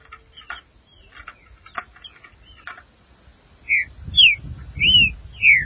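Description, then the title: Green-winged saltator song: after soft scattered chirps, a loud phrase of four slurred whistled notes, with a low rumbling noise underneath. "Trinca Ferro"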